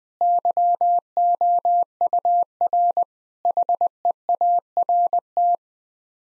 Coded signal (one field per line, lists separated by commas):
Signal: Morse code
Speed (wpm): 20 wpm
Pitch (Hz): 700 Hz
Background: none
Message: YOUR HEART